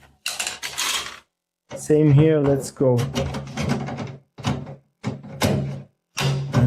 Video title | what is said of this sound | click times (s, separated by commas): I Installed an Unbreakable Wall-Hung Toilet With This Super Simple Trick! | And here, 90°, you hear a little click. | 0.3 s